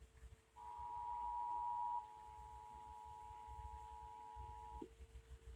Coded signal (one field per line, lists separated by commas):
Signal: Emergency Alert System (SAME) tones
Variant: 853 and 960 Hz attention tone